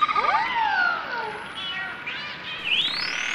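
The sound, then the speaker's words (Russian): Dolphins beside a stopped boat, poking their snouts out of the water, chatter in a busy stream of overlapping high whistles and squeaky chirps that sweep up and down in pitch. The sound continues steadily for a few seconds with no voices. “Мы остановились, а дельфины не уплывают. Высунули мордочки из воды и поглядывают на нас.”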